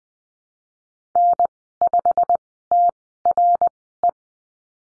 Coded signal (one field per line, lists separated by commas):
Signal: Morse code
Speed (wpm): 20 wpm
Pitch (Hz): 700 Hz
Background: none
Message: N5TRE